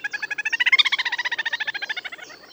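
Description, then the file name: Little grebe trilling call, a fast even run of harmonic pulses that swells in loudness, peaks, then gradually fades away. "Zwergtaucher"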